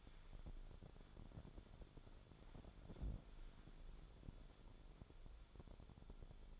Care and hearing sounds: daily activity, microphone in the room; wipe stove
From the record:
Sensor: 5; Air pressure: 1015.2 hPa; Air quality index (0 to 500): 170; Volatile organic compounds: 6 ppm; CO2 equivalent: 1846 ppm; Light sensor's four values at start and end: 36/84/34/36 and 35/83/34/36

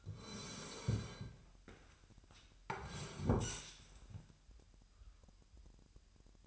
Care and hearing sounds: daily activity, microphone in the room; sit down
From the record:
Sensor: 2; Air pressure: 998.4 hPa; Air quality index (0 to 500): 126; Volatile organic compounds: 3 ppm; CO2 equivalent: 1430 ppm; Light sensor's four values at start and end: 5/13/5/6 and 6/16/6/7

